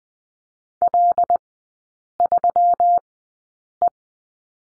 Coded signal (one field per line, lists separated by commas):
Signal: Morse code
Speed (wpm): 20 wpm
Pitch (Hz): 700 Hz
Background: none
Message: L3E